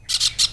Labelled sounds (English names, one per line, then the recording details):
Brown-throated Parakeet contact call
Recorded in Venezuela
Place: Cerro Saroche, Hato Dalmatela, Edo. Lara
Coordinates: 10.149, -69.534